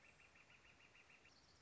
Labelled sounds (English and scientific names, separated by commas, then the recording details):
Northern Flicker (Colaptes auratus)
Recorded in Sonoma County, California